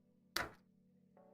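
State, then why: Seated. An LED strip in a silicone diffuser is pushed down into its mounting channel on the frame of a Voron Trident 3D printer, and it snaps into place with a sharp, bright click at 0.4 s that quickly fades over a steady low hum. The strip seats in the channel.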